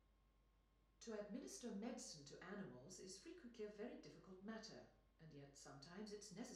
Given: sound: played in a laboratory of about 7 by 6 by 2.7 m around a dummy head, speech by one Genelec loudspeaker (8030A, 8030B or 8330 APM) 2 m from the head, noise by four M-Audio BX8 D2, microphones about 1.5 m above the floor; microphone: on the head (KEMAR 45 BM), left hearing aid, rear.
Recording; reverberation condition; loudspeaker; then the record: female speech in English; medium; in front (0 degrees)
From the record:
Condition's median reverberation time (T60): about 510 ms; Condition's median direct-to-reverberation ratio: about -0.5 dB